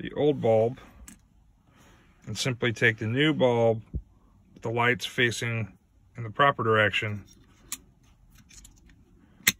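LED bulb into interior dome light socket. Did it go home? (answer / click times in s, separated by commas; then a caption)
yes / 9.5 s. A new LED festoon/wedge bulb is pushed into the interior dome light socket of a 7.3 liter truck, with the light facing the proper direction. Someone talks at first, then after a few faint ticks the bulb snaps into place with a sharp click at 9.5 s, seated.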